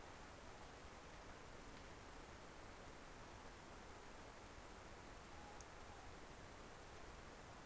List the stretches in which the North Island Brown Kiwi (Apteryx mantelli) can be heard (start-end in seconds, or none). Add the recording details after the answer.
none. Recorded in New Zealand on 17 November 2013. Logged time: 03:42. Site BS16